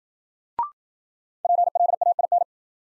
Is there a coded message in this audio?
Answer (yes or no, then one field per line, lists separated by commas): yes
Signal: Morse code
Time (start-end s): 1.4-2.4 s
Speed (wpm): 53 wpm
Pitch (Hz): 700 Hz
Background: none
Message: PLAIN